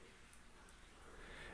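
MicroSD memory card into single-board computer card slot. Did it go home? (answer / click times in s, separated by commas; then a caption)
yes / 0.3 s. A microSD card is pushed into the push-push card slot of a PocketBeagle single-board computer until it latches, with a small click at 0.3 s over a steady low hiss. A second, slightly softer tick follows at 0.7 s. The card is seated in the slot.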